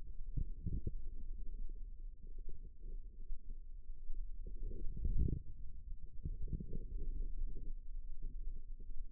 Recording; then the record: forearm muscle sounds (acoustic myography)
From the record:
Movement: wrist flexion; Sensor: system 2, bracelet of six BSWA MPA416 microphones around the upper forearm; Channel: 4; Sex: female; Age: 25 years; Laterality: right